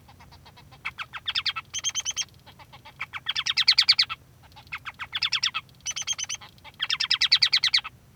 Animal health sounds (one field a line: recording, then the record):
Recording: song of a male Bengalese finch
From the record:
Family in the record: son of father 3